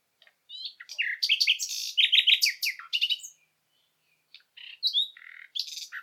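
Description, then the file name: Common nightingale singing varied phrases: chirps, sharp notes and rich warbled bursts, then a brief pause before more scattered high notes. "Luscinia megarhynchos"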